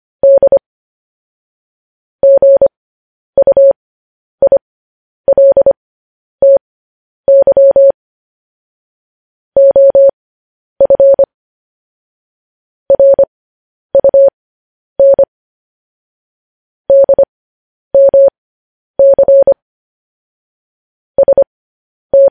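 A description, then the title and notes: Morse code beeps in a steady mid-pitched tone, short and long pulses grouped into bursts with silent gaps between, clean. Morse code.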